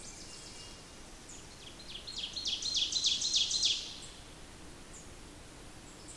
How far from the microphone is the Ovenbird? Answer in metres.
about 40 m